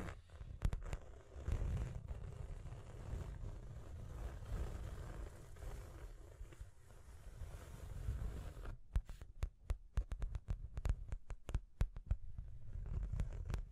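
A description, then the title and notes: Tapping and scratching over a low rumbling hum, with scattered sharp taps early, then a dense run of quick clicking taps after nine seconds. Tapping and Scratching (No Talking).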